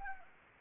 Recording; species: mosquito wingbeat signal from an infrared sensor; Anopheles arabiensis